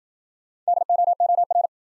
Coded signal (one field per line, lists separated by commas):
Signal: Morse code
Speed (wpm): 52 wpm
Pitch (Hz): 700 Hz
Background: none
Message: DOOR